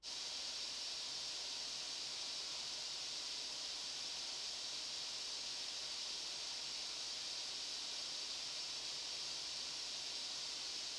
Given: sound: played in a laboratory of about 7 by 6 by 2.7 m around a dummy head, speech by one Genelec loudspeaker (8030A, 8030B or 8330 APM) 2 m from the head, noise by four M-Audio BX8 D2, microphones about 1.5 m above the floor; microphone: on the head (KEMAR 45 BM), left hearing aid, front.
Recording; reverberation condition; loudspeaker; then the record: white noise; medium; four, about 170 cm from the corners of the room and facing them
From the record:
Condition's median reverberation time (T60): about 510 ms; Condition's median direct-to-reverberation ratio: about -0.5 dB